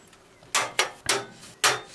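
A metal I/O shield plate is pushed from inside a PC case into its rear opening until it clips in, and it is confirmed firmly fixed. Sharp metallic snaps are heard at 0.6, 0.8 and 1.1 seconds as it seats, followed by another similar snap around 1.6 seconds.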